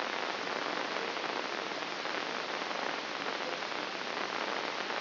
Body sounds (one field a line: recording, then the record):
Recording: brain microelectrode recording played as sound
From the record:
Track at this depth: inside the subthalamic nucleus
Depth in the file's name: 4.465 mm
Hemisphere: left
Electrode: 3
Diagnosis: Parkinson's disease